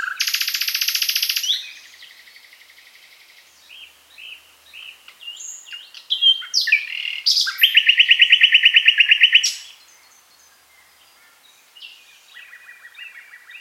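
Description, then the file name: Common nightingale song: a loud rapid buzzy trill opens, then quieter varied notes and a second strong rattling trill, ending in a soft repeated phrase. "Luscinia megarhynchos"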